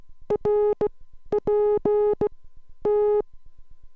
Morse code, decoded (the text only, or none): RPT